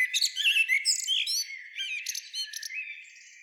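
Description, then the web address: Eurasian blackbird delivering fluty, rolling warbles mixed with thin high squeaks and twitters, fading toward the end. "SETE Turdus merula"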